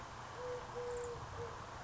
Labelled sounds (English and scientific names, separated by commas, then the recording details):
Eurasian Collared Dove (Streptopelia decaocto)
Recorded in Sonoma County, California